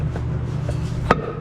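A PTC torque converter for a Nova is spun by hand against a low steady hum as it goes into the transmission pump. A faint tap comes at 0.2 s, then a sharp click at 1.1 s as it drops one more spline stage toward the pump. It is only partly seated, with more clicks still needed.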